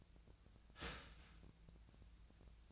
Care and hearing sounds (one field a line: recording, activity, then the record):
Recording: daily activity, microphone in the room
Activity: start toaster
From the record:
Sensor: 2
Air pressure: 1009.2 hPa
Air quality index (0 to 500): 186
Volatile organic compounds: 11 ppm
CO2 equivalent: 2305 ppm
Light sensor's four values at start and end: 22/56/24/26 and 22/55/23/26